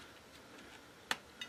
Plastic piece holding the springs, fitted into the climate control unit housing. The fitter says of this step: push it in the top and it'll click into place.